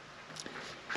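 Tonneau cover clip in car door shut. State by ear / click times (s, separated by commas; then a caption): released / 0.4 s. A small release button in the door shut of an Audi TT Mk1 Roadster is pressed to free the tonneau cover's plastic retaining clip, so the cover lifts up instead of being torn out. A short click is heard at 0.4 s against quiet background noise, and the cover is released.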